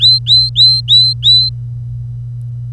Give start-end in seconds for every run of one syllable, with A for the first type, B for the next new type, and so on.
0.00-1.49 A